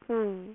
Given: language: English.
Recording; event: throat vibration sensor signal played as sound; speech